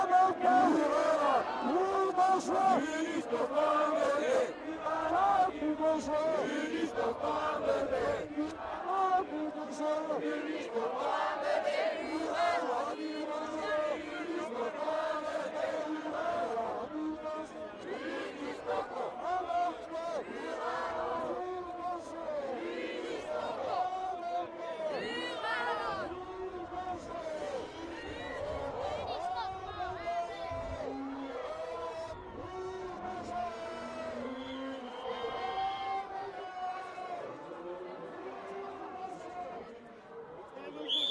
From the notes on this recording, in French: Un train et un cortège de manifestants